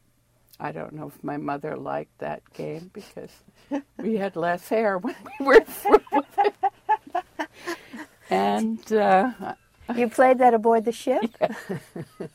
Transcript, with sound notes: I don't know if my mother liked that game because — we had less hair when we were through with it. (Laughs) And — uh —
You played that aboard the ship?